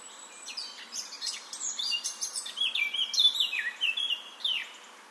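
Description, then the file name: Eurasian blackcap singing a rapid twittering warble that builds into loud, mellow whistled notes, some sliding downward, ending on a falling phrase. "Sylvia atricapilla"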